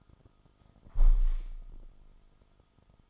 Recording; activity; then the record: daily activity, microphone in the room; close window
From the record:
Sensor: 5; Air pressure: 1004.7 hPa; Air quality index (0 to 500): 85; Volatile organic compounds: 2 ppm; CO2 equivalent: 1022 ppm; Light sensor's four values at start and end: 34/79/32/31 and 34/79/32/31